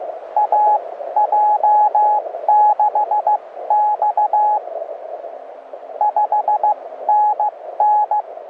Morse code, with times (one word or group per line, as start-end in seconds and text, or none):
0.4-4.6 AJ6X
6.0-8.2 5NN